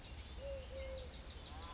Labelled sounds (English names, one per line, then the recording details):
Eurasian Collared Dove
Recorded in Sonoma County, California